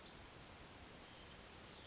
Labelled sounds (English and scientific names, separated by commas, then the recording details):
Western Flycatcher (Empidonax difficilis)
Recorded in Sonoma County, California